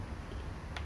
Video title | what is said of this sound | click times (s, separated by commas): Fixing Delonghi Magnifica S dumping water into drip tray | locks into place | 0.8 s